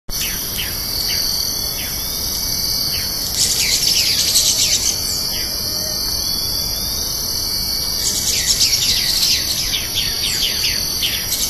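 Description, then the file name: Three-striped flycatcher calls: bursts of sharp chirps in two loud bouts, set against a constant high, shrill insect chorus. Recorded 30 March 2013 at San Sebastián de la Selva. "Conopias-trivirgatus 2013-03-30 San-Sebastian-de-la-Selva Jorge-La-Grotteria"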